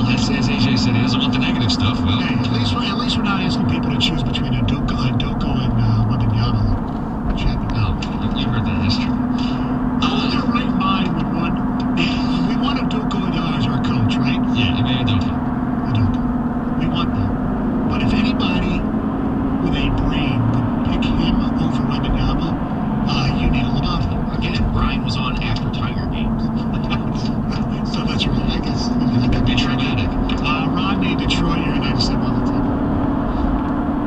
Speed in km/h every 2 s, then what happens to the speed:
85, 84, 82, 82, 85, 85, 85, 84, 89, 93, 92, 79, 76, 81, 89, 95, 100.
0-14 steady at about 84. 14-19 speeds up to 93. 19-24 slows to 76. 24-34 speeds up to 100.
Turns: none.